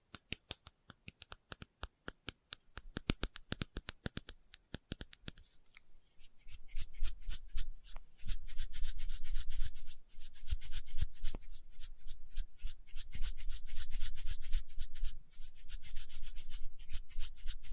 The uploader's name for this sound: Experimental Triggers in Test Tubes